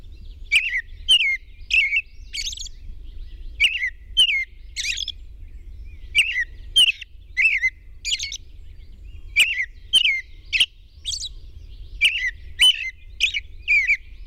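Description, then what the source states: European robin song: a long run of high, thin twittering phrases mixing downslurred notes and brief trills, steady pulses with short gaps, faint low rumble beneath. Recorded at dawn on 21 June 2001.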